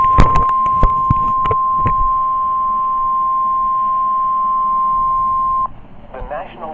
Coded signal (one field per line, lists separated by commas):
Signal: Emergency Alert System (SAME) tones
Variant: 1050 Hz attention tone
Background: speech